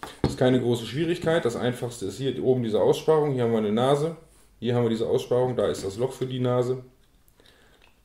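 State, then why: Seated. The plastic gearbox assembly of a Mazda Cosmo Sport scale model car from ModelSpace (DeAgostini) is aligned by its nose and recess and pushed onto the model rotary engine while someone talks. After the talking stops, two faint snaps are heard at 7.5 s and 7.8 s as the gearbox seats onto the engine.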